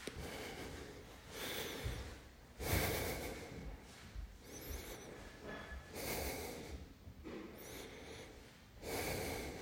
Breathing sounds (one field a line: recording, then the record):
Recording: deep breathing after running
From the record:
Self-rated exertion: very light exertion (1 of 6)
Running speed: 6 miles an hour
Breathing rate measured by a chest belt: 25 breaths a minute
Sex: male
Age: 25 years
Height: 174 cm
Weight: 71 kg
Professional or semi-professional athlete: no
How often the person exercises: 3 to 5 times a week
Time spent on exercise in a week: 2 to 3 hours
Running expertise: no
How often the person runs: 1 to 2 times a week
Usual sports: running, swimming, badminton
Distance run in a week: 8 km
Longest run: 10 km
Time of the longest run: 48 minutes